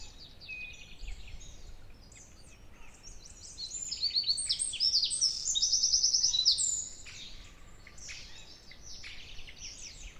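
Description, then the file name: Eurasian wren song, a rapid high twittering run with a bright trill in the middle, amid fainter high notes and quiet background hiss. "Troglodytes troglodytes"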